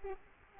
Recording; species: mosquito wingbeat signal from an infrared sensor; Culex quinquefasciatus